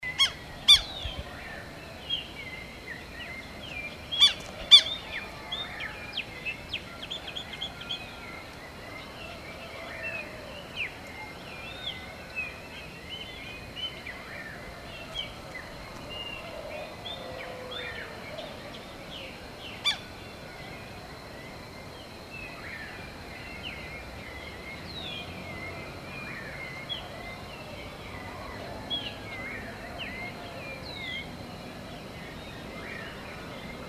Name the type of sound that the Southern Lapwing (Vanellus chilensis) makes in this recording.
call